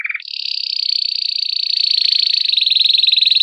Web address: sounds canary canary-sound